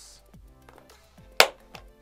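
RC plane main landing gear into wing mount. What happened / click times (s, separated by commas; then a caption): The gear leg snapped into its plastic mount / 1.4 s. The main landing gear strut of a Habu SS (Super Sport) 50mm EDF RC jet is pushed into the foam wing and turned until it clips into its plastic mount. A few faint handling taps come before one sharp, loud snap at 1.4 s, followed by a soft tick, showing the gear has seated in its mount.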